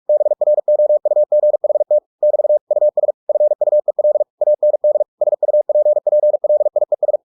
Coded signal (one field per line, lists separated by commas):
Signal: Morse code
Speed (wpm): 46 wpm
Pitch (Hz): 600 Hz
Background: none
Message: BROUGHT <BT> US FUEL AND SUPPLIES